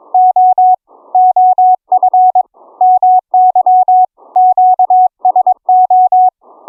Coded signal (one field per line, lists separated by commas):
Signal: Morse code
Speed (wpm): 22 wpm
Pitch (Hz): 740 Hz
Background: none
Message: O OF MY QSO